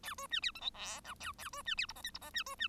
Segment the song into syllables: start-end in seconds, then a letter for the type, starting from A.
0.03-0.14 A, 0.17-0.27 B, 0.30-0.40 C, 0.42-0.51 D, 0.55-0.60 E, 0.61-0.70 F, 0.74-1.00 G, 1.04-1.14 H, 1.20-1.32 A, 1.38-1.49 A, 1.52-1.62 B, 1.65-1.75 C, 1.77-1.86 D, 1.88-1.93 I, 1.95-2.02 J, 2.03-2.11 K, 2.14-2.19 I, 2.21-2.31 J, 2.34-2.43 C, 2.46-2.55 B, 2.59-2.68 C